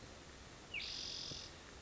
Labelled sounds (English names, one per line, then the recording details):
Spotted Towhee
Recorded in Sonoma County, California